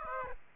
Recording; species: mosquito wingbeat signal from an infrared sensor; Aedes aegypti